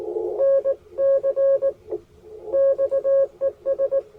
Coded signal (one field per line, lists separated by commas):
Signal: Morse code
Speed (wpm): 19 wpm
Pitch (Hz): 550 Hz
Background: none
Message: NC XES